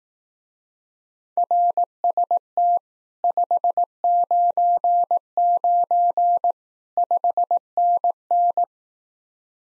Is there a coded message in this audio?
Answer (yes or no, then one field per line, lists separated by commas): yes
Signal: Morse code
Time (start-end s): 1.4-8.6 s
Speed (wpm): 18 wpm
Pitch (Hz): 700 Hz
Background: none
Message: RST 599 5NN